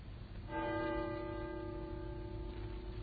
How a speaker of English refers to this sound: It's 9 o'clock, just striking. The church clock's fast. By my watch, it's 5 minutes to 9 p.m. My watch is never wrong.